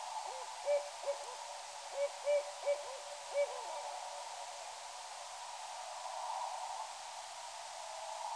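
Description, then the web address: Barred owl hooting, a burst of short arched hoots in quick succession over the first three and a half seconds, then a steady hiss of background noise. Recorded at Danby on 9 October 2019 at 03:56. "Danby BAOW 9 Oct 19 0356"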